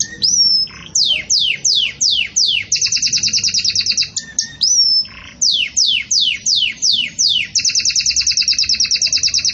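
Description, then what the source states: Belgian canary song: a whistled note leads into repeated descending sweeps and a long rapid trill, with the pattern sung twice. Pure "campainha" (bell) song style with pauses, for training.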